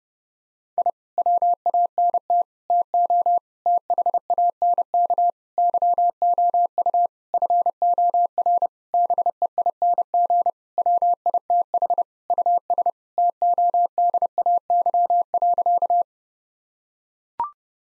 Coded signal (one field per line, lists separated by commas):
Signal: Morse code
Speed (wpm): 30 wpm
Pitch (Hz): 700 Hz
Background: none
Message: I WANT TO THANK YOU FOR BEING WITH US TODAY.